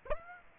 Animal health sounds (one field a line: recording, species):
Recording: mosquito wingbeat signal from an infrared sensor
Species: Aedes aegypti